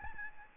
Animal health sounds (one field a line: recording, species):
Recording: mosquito wingbeat signal from an infrared sensor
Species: Aedes albopictus